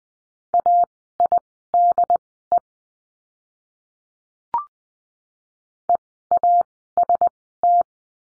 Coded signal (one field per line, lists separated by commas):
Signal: Morse code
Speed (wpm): 20 wpm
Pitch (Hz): 700 Hz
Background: none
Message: AIDE EAST